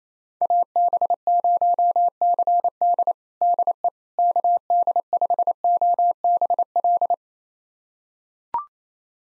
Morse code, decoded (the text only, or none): AB0CD DE KD5OBL